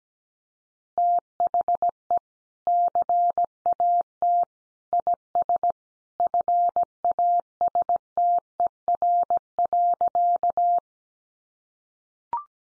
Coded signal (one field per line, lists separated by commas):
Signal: Morse code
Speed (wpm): 17 wpm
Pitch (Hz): 700 Hz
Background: none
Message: THE CAT IS FASTER.